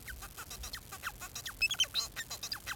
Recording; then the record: song of a male Bengalese finch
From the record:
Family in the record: son of father 4